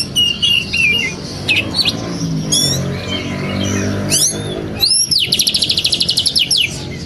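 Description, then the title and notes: Oriental magpie-robin giving scattered scratchy, squeaky notes, ending in a loud, rapid, high trill over a low rumble. Long-duration 'isian' filler song, used for training caged birds to sing actively day and night. "Kacer Jadi Gacor Siang Malam. Isian Kacer Durasi Panjang"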